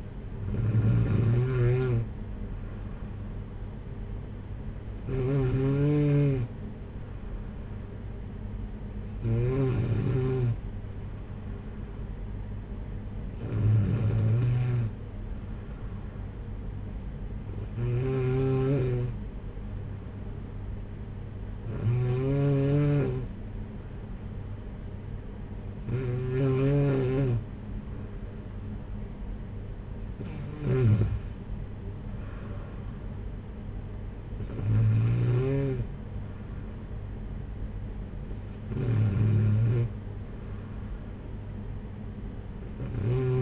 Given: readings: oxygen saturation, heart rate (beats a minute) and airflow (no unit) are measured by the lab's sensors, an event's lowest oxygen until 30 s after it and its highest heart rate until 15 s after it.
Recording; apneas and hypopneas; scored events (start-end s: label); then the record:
breathing in sleep by a smartphone at the bedside; none
1.00-43.41 s: new sleep stage, N2 (light sleep)
From the record:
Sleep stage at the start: N1 (lightest sleep); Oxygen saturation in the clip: 93 to 94%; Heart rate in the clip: 54 to 62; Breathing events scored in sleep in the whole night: 226 in 8.8 hours asleep